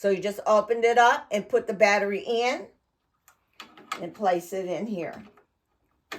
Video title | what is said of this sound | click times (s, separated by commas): Reviewing AKLUER + 520A-B Treadmill #AKLUER | It snaps right in. | 6.1 s